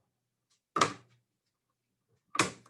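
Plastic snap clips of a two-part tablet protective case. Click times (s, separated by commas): 0.8 s, 2.4 s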